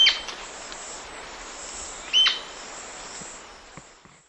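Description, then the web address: Amazonian royal flycatcher giving two short, sharp, high notes about two seconds apart, against a steady high hum. Recorded in the eastern lowlands of South America. "Nature Songs S America Eastern Lowlands. Amazonian Royal-Flycatcher"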